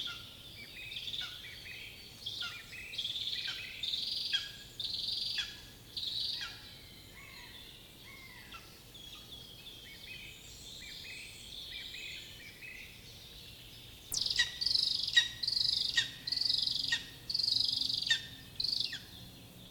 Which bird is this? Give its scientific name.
Aquila pomarina